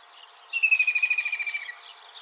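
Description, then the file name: White-throated kingfisher giving one rapid, pulsed, whinnying trill that slides slightly downward for just over a second. "Koshlar tavyshy - Kyzyl tomshykly yar chypchygy lat Halcyon smyrnensis"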